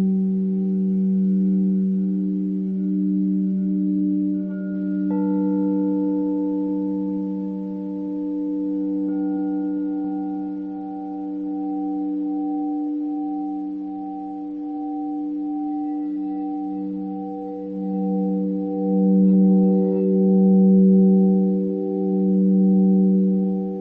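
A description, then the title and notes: Crystal singing bowls hum in a steady, layered drone, with a strong low tone near the bottom and several clear higher tones stacked above it. The sound pulses slowly in waves, swelling louder around the last few seconds, while a new bright ring joins at about five seconds. Crystal Singing Bowls _ Binaural Beats.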